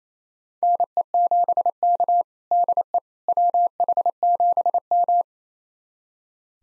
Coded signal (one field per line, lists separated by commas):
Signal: Morse code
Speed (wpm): 28 wpm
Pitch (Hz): 700 Hz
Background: none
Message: NE7K DE WH7M